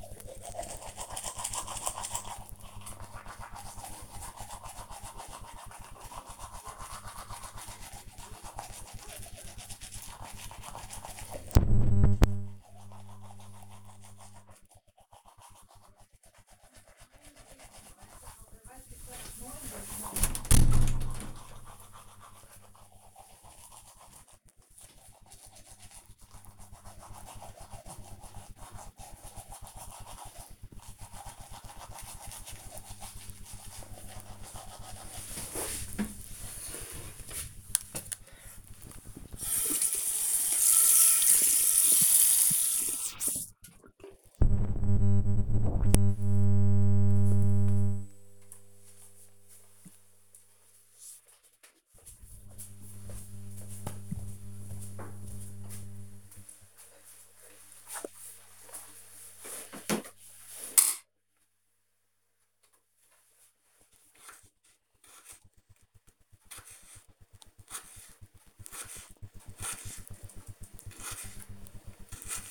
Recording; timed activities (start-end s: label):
household activities, microphone on the right wrist
0.00-43.75 s: brushing teeth
27.64 s: note: voice
61.83-72.51 s: cutting vegetables